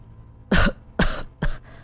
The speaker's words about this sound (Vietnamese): Người đàn ông ra hiệu đỡ anh ta lên bên ghế đá, đưa tay che miệng ho sặc sụa.